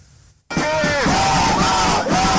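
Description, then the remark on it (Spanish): A loud crowd of protesters in Israel, opposing a judicial reform, chants "democracy" in unison, many voices shouting together in a rising and falling cadence that bursts in suddenly and holds steady. “Democracia. Ese es el grito que une a los manifestantes desde hace meses.”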